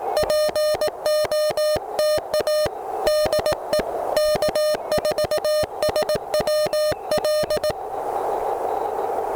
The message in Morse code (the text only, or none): POTA DE K4SWL